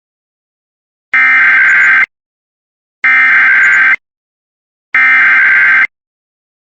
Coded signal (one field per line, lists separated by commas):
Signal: Emergency Alert System (SAME) tones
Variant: header bursts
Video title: 2x Fire Warnings for El Paso (EAS #179-180)